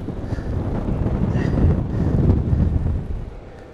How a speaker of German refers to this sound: Ja, es ist eine ganze Menge Wind, wie ihr das alle merkt. Hier geht's richtig ab.